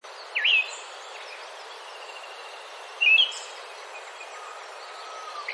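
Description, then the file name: Siberian thrush calls: two thin, sharp, short notes about three seconds apart over a steady hiss of background noise. "mamijiro"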